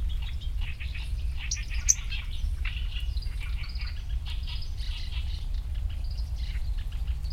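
Black-browed reed warbler singing a steady run of scratchy, chattering chirps and harsh notes, varied and unbroken, over a low rumbling background hum.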